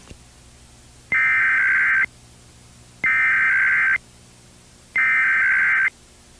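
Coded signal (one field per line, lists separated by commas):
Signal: Emergency Alert System (SAME) tones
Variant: header bursts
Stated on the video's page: Compilation of EAS alerts by year, 1997 to 2010, including required weekly and monthly tests and weather and child abduction warnings.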